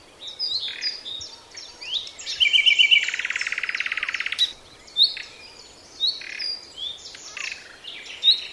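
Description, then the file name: Common nightingale: mixed whistles leading into a rapid, even machine-gun trill lasting over a second, followed by scattered sharp notes and short phrases. "Luscinia megarhynchos"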